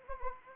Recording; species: mosquito wingbeat signal from an infrared sensor; Anopheles arabiensis